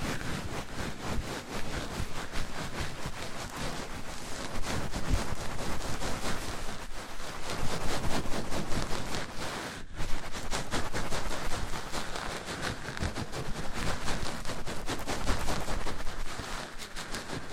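Mic-on-mic triggers: a dense, crackling rustle of rubbing and scraping runs through the whole clip, with rapid irregular clicks and thumps. The loudness swells and eases in waves, with a brief sharp break near the ten-second mark before the scratching resumes.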